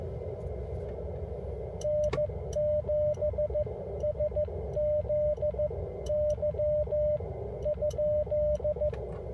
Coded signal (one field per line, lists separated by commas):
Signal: Morse code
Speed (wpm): 14 wpm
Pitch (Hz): 600 Hz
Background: radio noise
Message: N7SZY ?